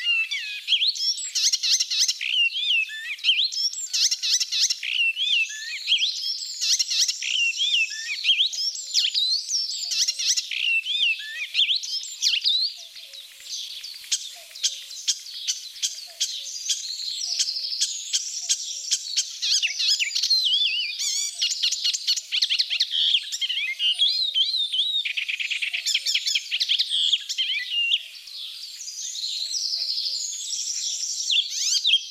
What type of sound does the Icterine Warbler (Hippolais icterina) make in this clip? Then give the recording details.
song. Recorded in the wild. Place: Flögelner See, Schleswig-Holstein, DE. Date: 1987-05-24. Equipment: Alparon-Reflektor. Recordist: Schwarz, Dieter